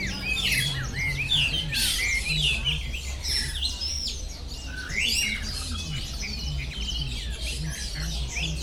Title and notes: 香港 旺角 雀鳥花園 雀鳥唱歌 (內附有人類語言中的粗囗) Bird Singing in the Bird Garden, Mongkok, Hong Kong Date: 15 February 2008